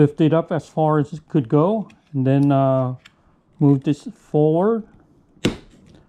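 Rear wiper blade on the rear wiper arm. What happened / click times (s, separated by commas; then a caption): The wiper blade clicked free of its arm / 5.4 s. A rear wiper blade is removed from the rear wiper arm of a 2018 Nissan Rogue: the arm is lifted fully up and the plastic blade is slid forward on its hook while someone talks. A single sharp click at 5.4 s marks the blade clicking loose, after which it is pulled down off the arm, released.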